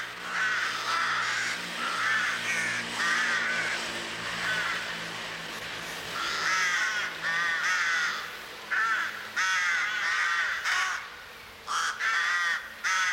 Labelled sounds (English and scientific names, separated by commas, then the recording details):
Rook (Corvus frugilegus) call
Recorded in the wild
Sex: group
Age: adult
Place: Kühlungsborn, Mecklenburg-Vorpommern, DE
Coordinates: 54.15, 11.75
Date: 1984-03-28 17:32
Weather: sunny, 12°C
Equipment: Nagra SN, Sennheiser MKH 416 T, Kopie Uher 4000 Report Monitor
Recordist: Tembrock, Günter